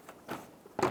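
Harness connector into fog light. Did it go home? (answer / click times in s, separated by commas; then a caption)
no / none. A harness connector is handled at the fog light socket of a 2014–2019 Toyota Highlander during front bumper cover replacement. Soft handling rustles come around 0.1 s and 0.3 s, then a louder, brief broadband scrape or knock at about 0.8 s. The connector has not seated or clicked in yet.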